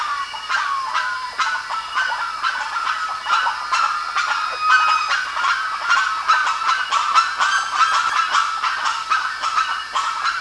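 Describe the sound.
Birds calling in a dense flock, overlapping harsh nasal honks repeated rapidly and continuously throughout, with no pause.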